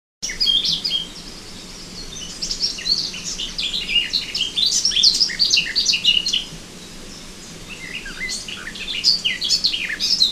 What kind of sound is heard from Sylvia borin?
song